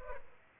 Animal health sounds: mosquito wingbeat signal from an infrared sensor; Culex pipiens

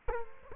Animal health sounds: mosquito wingbeat signal from an infrared sensor; Culex quinquefasciatus

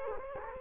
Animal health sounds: mosquito wingbeat signal from an infrared sensor; Culex quinquefasciatus

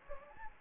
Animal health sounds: mosquito wingbeat signal from an infrared sensor; Anopheles gambiae

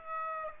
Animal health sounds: mosquito wingbeat signal from an infrared sensor; Aedes aegypti

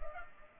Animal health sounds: mosquito wingbeat signal from an infrared sensor; Culex pipiens

